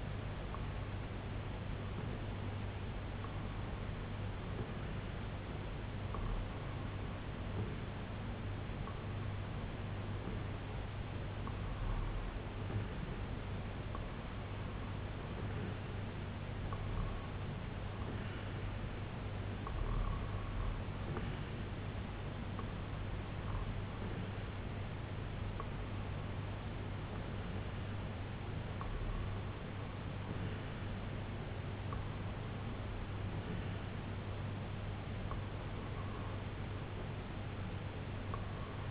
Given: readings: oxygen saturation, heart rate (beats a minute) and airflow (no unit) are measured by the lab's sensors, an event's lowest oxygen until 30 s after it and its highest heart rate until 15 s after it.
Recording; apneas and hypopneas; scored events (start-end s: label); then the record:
breathing in sleep by a voice recorder at the bedside; none
none scored
From the record:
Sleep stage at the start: REM sleep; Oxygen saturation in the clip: 90 to 95%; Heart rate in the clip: 65 to 81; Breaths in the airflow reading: 13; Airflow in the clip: -4.4 to 2.8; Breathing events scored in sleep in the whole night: 258 in 7.4 hours asleep